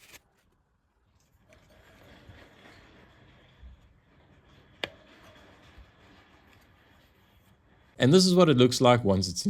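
A plastic wheel bearing protection cap, the slightly larger rear cap marked with the letter R, is pressed over the spacer on the other side of a KTM / Husqvarna dirt bike rear wheel. Faint handling noise is heard, then a sharp snap at 4.8 s as the cap seats into the existing groove on the spacer. Someone then talks.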